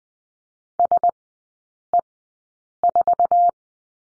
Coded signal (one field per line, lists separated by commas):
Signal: Morse code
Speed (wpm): 20 wpm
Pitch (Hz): 700 Hz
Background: none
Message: SE4